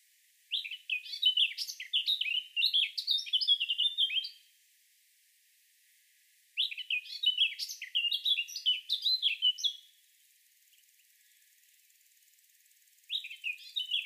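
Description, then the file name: Eurasian blackcap song: three bursts of rapid, varied chattering and warbling notes, the first two about four seconds long and the last cut short, with quiet pauses between them. "Sylvia atricapilla"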